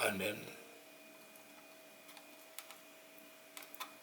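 During an LCD replacement on a Nikon L840 compact camera, someone briefly talks at the start, then faint taps and small handling sounds come around 2.6, 3.6 and 3.8 seconds as the replacement LCD part is worked toward the plastic rear housing over a quiet steady tone. Nothing has seated or clicked into the housing yet.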